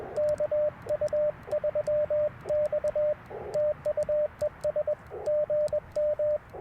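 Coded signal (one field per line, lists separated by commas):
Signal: Morse code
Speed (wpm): 21 wpm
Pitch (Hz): 600 Hz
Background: radio noise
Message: KU3X TU ES GM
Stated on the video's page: QRP CW Parks on the Air activation on 30 meters with an Icom IC-705 and PackTenna random wire antenna.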